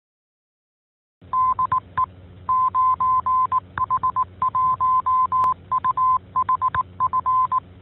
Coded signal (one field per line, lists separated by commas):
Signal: Morse code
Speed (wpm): 18 wpm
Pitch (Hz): 1030 Hz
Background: none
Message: DE 9H1UHF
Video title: 21. 9H-HAM GlobalNet - Main topic - Open [30 Dec 2021]